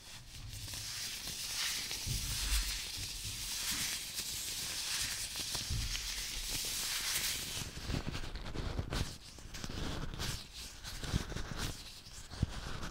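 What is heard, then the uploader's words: Latex gloves rub, first as a dense, steady hiss of friction for about seven seconds. After that the sound breaks into quicker, uneven squeaks and taps, with a couple of sharp snaps near the end. ASMR - WITH LATEX GLOVES.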